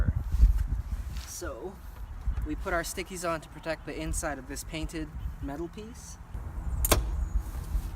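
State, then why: Seated. A wheel arch molding on a 2018 Subaru Outback JDM is pressed so its clip's tab locks into the rectangular hole in the bumper, while someone talks over low background rumble. A sharp click at 6.9 s shows the clip seating in the bumper.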